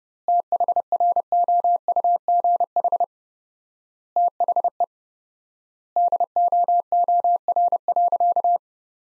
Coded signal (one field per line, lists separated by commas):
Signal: Morse code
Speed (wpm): 30 wpm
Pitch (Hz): 700 Hz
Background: none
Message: THROUGH THE DOOR.